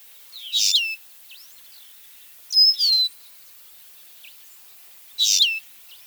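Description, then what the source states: Lesser Goldfinch calling, three high drawn-out notes that dip and fall, with softer faint chips between them. Call described as mournful-sounding, like crying.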